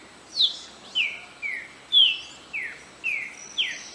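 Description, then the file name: Green-winged saltator song: seven clear, slurred whistles, each falling in pitch. "canto do trinca ferro verdadeiro"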